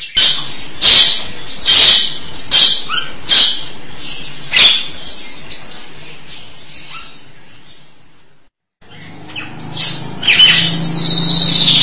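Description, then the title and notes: Starling song of harsh, rasping bursts repeated roughly every second, then a brief pause followed by clearer whistled notes and chatter. "suara burung jalak"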